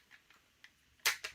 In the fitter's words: and it should lock into place like that nice and happy days